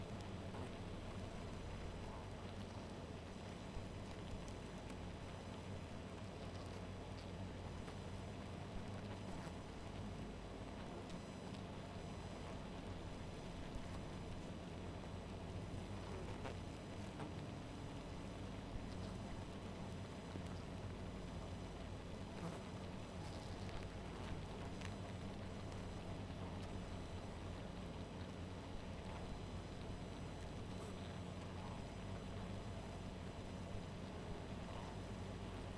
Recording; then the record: honeybee colony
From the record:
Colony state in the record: missing queen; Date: 14 July 2017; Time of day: 1:40